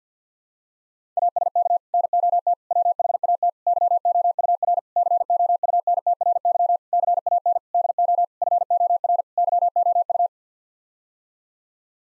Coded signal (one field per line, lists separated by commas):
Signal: Morse code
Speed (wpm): 50 wpm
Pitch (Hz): 700 Hz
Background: none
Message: ASK NOT WHAT YOUR COUNTRY CAN DO FOR YOU